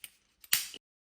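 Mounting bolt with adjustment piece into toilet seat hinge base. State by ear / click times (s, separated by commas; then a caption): seated / 0.5 s. A mounting bolt fitted with its washer and plastic adjustment piece is pushed through the plastic hinge base of a new toilet seat, and it clicks into place. A small tick at 0.0 s and a faint one at 0.4 s lead to a sharp, bright click at 0.5 s, followed by a short hissy scrape with a last tick at 0.7 s. The bolt is seated in the hinge base.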